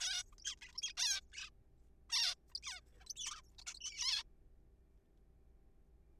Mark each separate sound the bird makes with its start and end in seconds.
0.01-0.23, 0.32-0.35, 0.38-0.44, 0.45-0.55, 0.61-0.72, 0.75-0.82, 0.82-0.93, 0.97-1.21, 1.32-1.50, 2.10-2.35, 2.52-2.54, 2.55-2.60, 2.63-2.80, 3.00-3.04, 3.07-3.13, 3.16-3.41, 3.59-3.64, 3.66-3.74, 3.75-3.79, 3.81-4.23